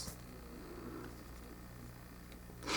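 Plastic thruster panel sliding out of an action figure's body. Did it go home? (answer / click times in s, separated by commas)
no / none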